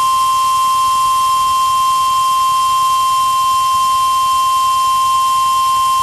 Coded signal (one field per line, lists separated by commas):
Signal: Emergency Alert System (SAME) tones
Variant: 1050 Hz attention tone